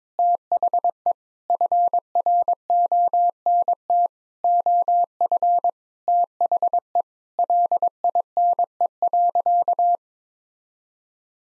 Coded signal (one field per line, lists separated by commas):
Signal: Morse code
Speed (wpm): 22 wpm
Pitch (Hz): 700 Hz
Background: none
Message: THE FRONT OF THE LINE.